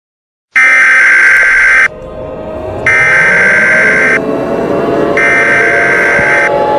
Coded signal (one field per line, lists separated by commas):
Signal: Emergency Alert System (SAME) tones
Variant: header bursts